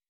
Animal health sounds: hydrophone in a shrimp aquaculture tank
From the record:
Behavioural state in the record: weakened

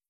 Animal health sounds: hydrophone in a shrimp aquaculture tank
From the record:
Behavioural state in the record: feeding

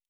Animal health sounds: hydrophone in a shrimp aquaculture tank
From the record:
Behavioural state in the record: normal

